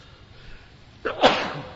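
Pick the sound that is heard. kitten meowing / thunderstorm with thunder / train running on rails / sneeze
sneeze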